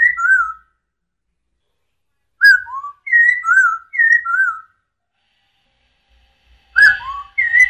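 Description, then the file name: Masked laughingthrush whistling clear descending two-note phrases separated by gaps, with a brief low rustle near the end. Song given during dance display; Indonesian name poksay hongkong. "suara tarian poksay hongkong"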